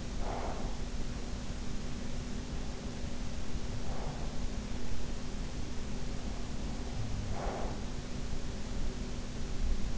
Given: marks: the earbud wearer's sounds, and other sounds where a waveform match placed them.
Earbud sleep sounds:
sounds in sleep by an in-ear microphone; breath
0.00-1.39 s: breath
6.99-8.59 s: breath

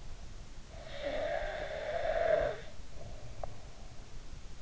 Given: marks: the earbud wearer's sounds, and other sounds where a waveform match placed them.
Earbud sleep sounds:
sounds in sleep by an in-ear microphone; snoring breath
0.75-3.57 s: snoring breath

